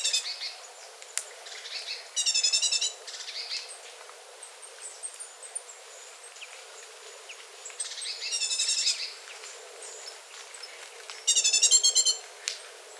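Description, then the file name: Great tit giving harsh, buzzy rattling calls in three short bursts spaced several seconds apart, with faint thin chirps and a quiet background hiss between them. "Parus major"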